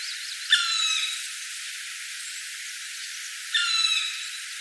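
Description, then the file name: Black woodpecker calls: two drawn-out, harmonic-rich cries about three seconds apart. "kumagera"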